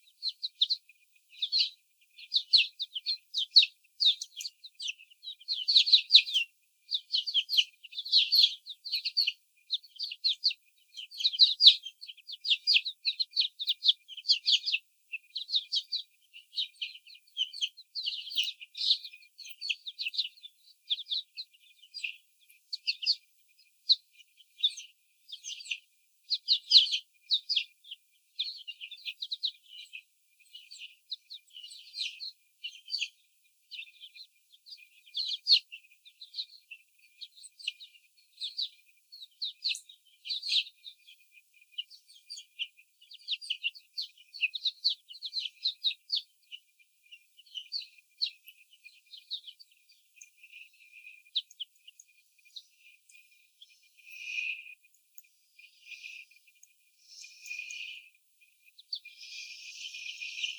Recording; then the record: young laying hens in a cage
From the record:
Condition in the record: before the stressor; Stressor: sudden umbrella opening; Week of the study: 3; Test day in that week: 2